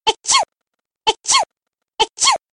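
Three identical sneezes repeat about once a second. Each is a short sharp intake followed by an explosive, hissy burst with a falling vocal sweep. It is an ordinary sneeze, looped as a sound effect.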